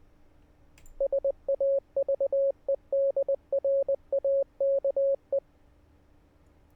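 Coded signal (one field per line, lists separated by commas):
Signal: Morse code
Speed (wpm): 20 wpm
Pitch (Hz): 550 Hz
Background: none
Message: SAVE DRAKE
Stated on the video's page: Morse heard in the game Static Dread: The Lighthouse.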